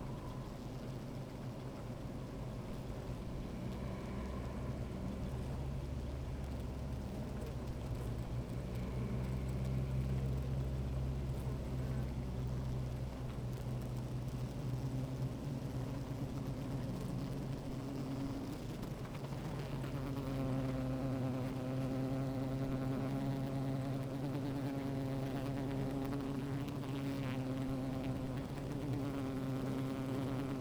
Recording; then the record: honeybee colony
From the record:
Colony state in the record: active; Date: 28 July 2017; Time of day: 13:49